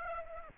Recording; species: mosquito wingbeat signal from an infrared sensor; Aedes aegypti